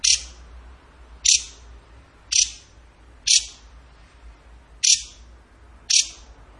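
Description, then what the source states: Bird call: sharp, high, single chip notes repeated roughly once a second, with quiet gaps between them. Masteran training recording of bird song in tembakan gacor style.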